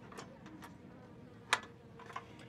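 A lock mechanism part, the activator, is fitted into its corner of an assembled mechanism housing. A sharp, bright click sounds at 1.5 s, with fainter ticks around it over a low background hum. The activator seats and locks into place, active and good.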